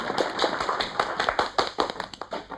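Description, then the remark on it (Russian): A crowd applauds steadily, with many hands clapping in a dense, irregular patter of sharp claps at an even moderate loudness and no voices throughout. “Все хлопают.”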